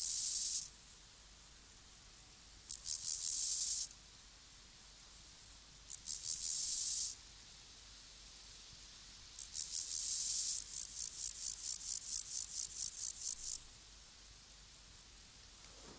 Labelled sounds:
Water-meadow Grasshopper (Chorthippus montanus) stridulation

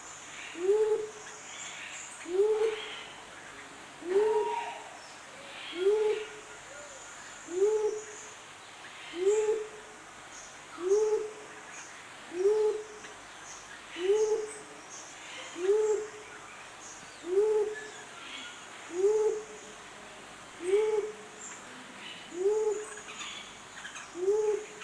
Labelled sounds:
Mindanao Bleeding-heart (Gallicolumba crinigera) call

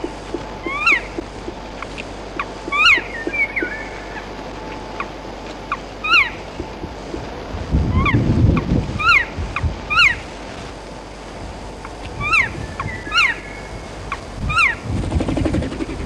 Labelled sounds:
Black Woodpecker (Dryocopus martius)

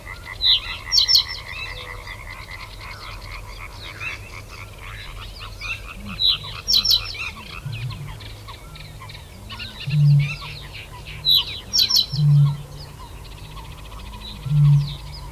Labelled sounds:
Reed Bunting (Emberiza schoeniclus)

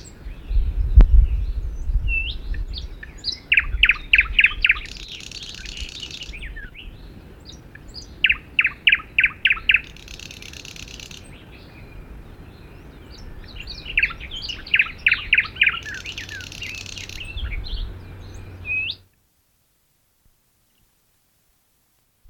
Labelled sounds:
Thrush Nightingale (Luscinia luscinia) song

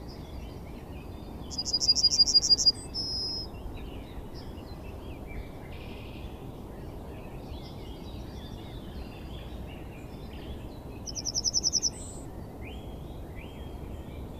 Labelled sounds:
Yellowhammer (Emberiza citrinella) song

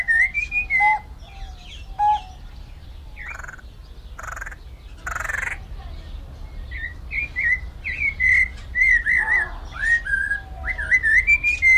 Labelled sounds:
Vieillot's Barbet (Lybius vieilloti) call

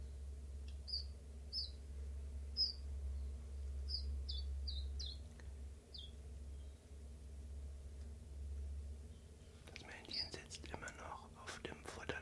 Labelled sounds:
Common Chiffchaff (Phylloscopus collybita)

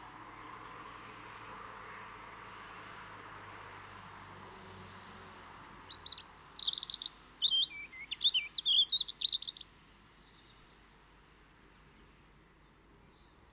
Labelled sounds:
European Robin (Erithacus rubecula) song

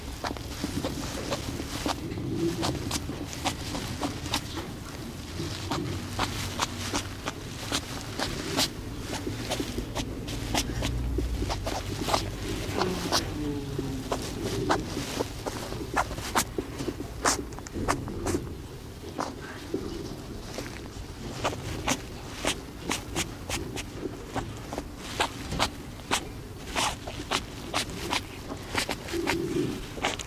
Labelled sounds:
West European Hedgehog (Erinaceus europaeus)

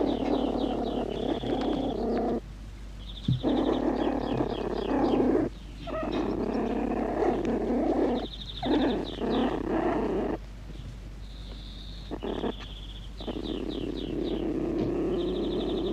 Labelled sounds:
Beech Marten (Martes foina) call

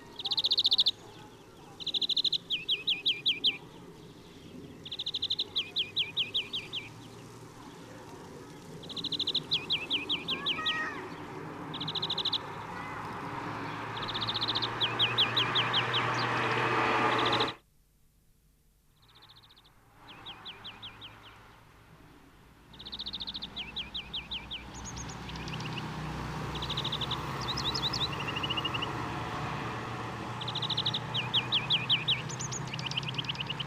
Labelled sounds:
European Greenfinch (Chloris chloris) song

